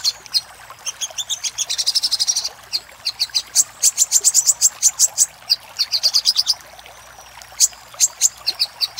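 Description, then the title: Little spiderhunter delivering fast high chips, a dense buzzing trill early on, then evenly spaced sharp notes in bursts with short silences. Master recording of the song used for training cage birds. "Masteran Burung Sogok Ontong Labaik"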